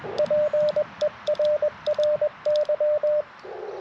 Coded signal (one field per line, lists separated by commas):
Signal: Morse code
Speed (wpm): 21 wpm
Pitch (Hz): 600 Hz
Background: radio noise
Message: PERRY